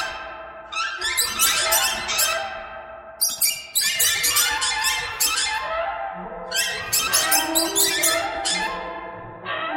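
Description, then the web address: Birds calling in a busy chorus of sharp high chirps, several dense bursts separated by brief quieter gaps, with softer tonal notes beneath. "soundfactory birds"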